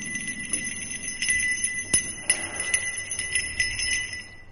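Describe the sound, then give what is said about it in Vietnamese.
Bright, high bells and a wooden temple block sound from a banana tree moving through river water toward the bank; the bells ring steadily with lingering tones, punctuated by sharp, irregular knocks of the block. No voices are heard. “Cây chuối từ từ rẽ nước gần hơn, tiếng chuông mõ bắt đầu vang lên lanh lảnh.”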